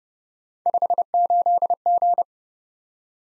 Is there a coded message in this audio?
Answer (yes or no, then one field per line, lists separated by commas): yes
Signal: Morse code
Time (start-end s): 0.7-2.2 s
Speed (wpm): 30 wpm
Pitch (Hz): 700 Hz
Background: none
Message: 58G